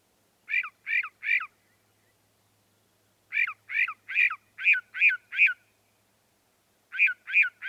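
Northern mockingbird singing repeated clusters of three slurred chirps, the phrase shifting slightly in tone between groups, with short silences between bursts.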